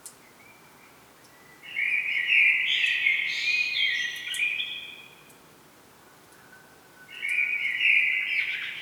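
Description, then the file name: Common blackbird song of two rich, mellow warbled phrases with scratchy high notes mixed in, separated by a pause of about two seconds. "Turdus merula"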